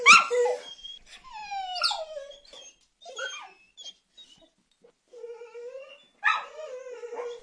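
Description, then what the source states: Dog whimpering in high, drawn-out whines that slide downward, broken by short yelping barks, with quiet gaps between bouts. Whimpering and barking.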